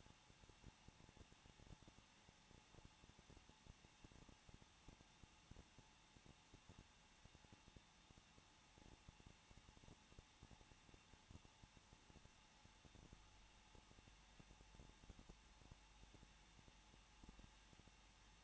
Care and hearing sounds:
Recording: daily activity, microphone in the room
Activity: no activity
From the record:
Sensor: 1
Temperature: 20.1 degrees Celsius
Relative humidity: 39.2%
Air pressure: 1006.3 hPa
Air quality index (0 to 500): 218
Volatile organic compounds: 78 ppm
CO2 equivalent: 3587 ppm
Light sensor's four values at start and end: 1/2/1/1 and 1/2/1/1

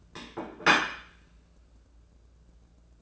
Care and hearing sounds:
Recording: daily activity, microphone in the room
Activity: place plate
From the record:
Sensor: 2

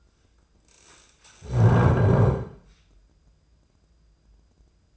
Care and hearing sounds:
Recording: daily activity, microphone in the room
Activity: stand up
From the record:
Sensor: 2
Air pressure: 995.8 hPa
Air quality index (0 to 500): 244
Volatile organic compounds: 1000 ppm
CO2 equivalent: 6020 ppm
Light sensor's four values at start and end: 28/69/30/33 and 26/60/27/30

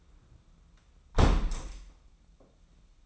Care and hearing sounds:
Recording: daily activity, microphone in the room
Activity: close window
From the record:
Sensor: 1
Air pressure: 994.4 hPa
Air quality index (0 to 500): 215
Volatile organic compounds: 1000 ppm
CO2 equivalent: 7748 ppm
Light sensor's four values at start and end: 80/179/80/86 and 79/174/78/84

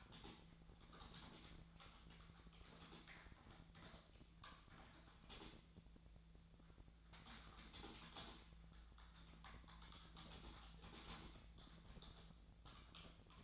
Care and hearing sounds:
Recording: daily activity, microphone in the room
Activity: typing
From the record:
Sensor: 3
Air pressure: 1000.2 hPa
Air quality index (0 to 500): 138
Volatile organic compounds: 2 ppm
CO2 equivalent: 1222 ppm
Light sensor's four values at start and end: 37/94/40/44 and 37/94/40/44

